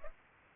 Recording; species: mosquito wingbeat signal from an infrared sensor; Culex pipiens